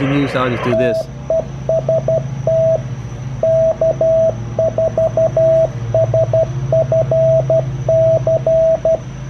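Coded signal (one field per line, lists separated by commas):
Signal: Morse code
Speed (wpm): 12 wpm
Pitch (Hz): 650 Hz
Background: speech, radio noise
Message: TEST K4SFC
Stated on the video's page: CQ calls from an Icom IC-703 on a Blue Star P1 portable multiband vertical antenna; no replies heard.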